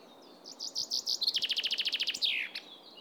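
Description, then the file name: Common chaffinch song: a short series of high notes speeding into a fast, even trill, ending in a descending flourish. "Fringilla coelebs"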